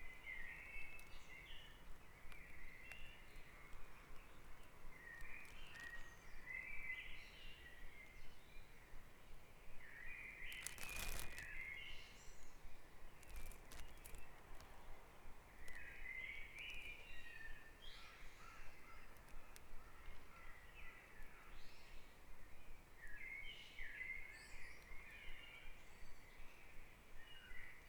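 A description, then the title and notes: Dawn chorus of many birds chirping and trilling continuously, with a brief loud knock or rustle around eleven seconds over steady background hiss. Dawn Chorus // Back Dragon Avenue, Harrogate.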